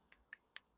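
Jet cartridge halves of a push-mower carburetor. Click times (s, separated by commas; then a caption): 0.6 s. The two plastic halves of the jet cartridge from a 2012 Bolens push mower's carburetor are pushed together during reassembly for maintenance. Three short, sharp, bright clicks are heard at about 0.1, 0.3 and 0.6 seconds, and the last is the loudest. The pieces click together and seat at 0.6 seconds.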